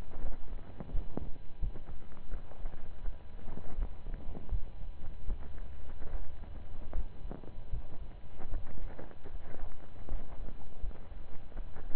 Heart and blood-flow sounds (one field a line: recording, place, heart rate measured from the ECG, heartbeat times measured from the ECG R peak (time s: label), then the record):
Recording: heart sounds by stethoscope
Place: between the tricuspid and mitral areas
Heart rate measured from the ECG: 79 bpm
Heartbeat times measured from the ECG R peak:
0.19 s: heartbeat
0.90 s: heartbeat
1.59 s: heartbeat
2.28 s: heartbeat
3.00 s: heartbeat
3.75 s: heartbeat
4.49 s: heartbeat
5.25 s: heartbeat
6.08 s: heartbeat
6.92 s: heartbeat
7.69 s: heartbeat
8.49 s: heartbeat
9.28 s: heartbeat
10.07 s: heartbeat
10.79 s: heartbeat
11.52 s: heartbeat
From the record:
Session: slow and fast walking with breaks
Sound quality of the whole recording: saturated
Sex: male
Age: 25 years